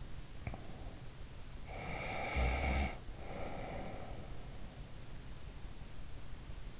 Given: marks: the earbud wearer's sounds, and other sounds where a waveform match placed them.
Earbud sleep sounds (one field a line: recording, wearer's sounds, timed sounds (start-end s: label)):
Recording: sounds in sleep by an in-ear microphone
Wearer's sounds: breath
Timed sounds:
1.22-4.59 s: breath